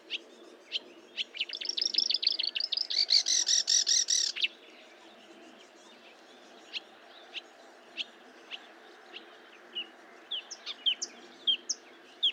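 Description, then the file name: Marsh warbler song: a buzzy, harsh trill building to a loud grating burst, followed by spaced single chirps and short whistles. Recorded at Fontaine-Française (Fourneau), France, on 1 June 2022 at 10:55, with a Nagra recorder and Telinga microphone. "Rousserolle verderolle 20220601 1055 Fontaine-Francaise-Fourneau-Nagra-Telinga"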